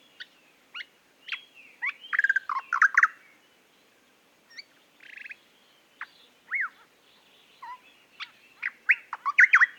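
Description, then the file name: Eastern nicator calls: scattered bursts of loud, varied chuckling and whistled notes with short pauses between, busiest near the start and the end. "British Library - Eastern Nicator Nicator gularis"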